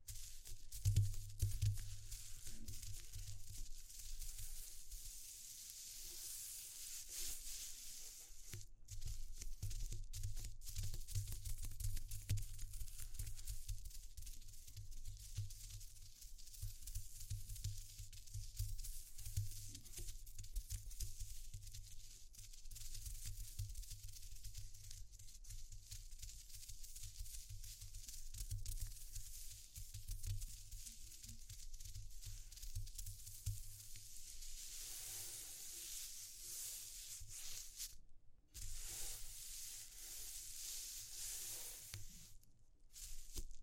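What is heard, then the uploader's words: A steady hissing sizzle fills the whole stretch, with a low hum beneath and brief dropouts near nine and thirty-eight seconds. ASMR Exploring Textures (No Talking).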